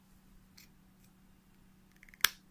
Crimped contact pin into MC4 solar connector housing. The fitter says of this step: right nice click then go ahead and screw it screw it good into shape shape